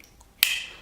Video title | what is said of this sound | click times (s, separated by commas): Вот такой multitool от Nextool - Flagship Captain ... | more, and then they lock with a satisfying click, a satisfying press, meaning good force is | 0.4 s